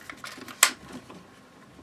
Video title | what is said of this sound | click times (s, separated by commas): Kel-Tec Sub 2000 Gen 2. 9mm. Range and Review. | tilt the caulking handle to the right and it locks in place | 0.6 s